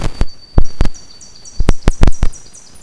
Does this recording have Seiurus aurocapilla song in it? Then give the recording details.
no. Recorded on 2 June 2016 at 07:27. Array SBT-3-7